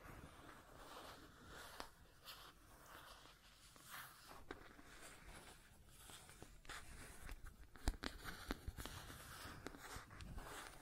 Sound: Scratching and Tracing Sounds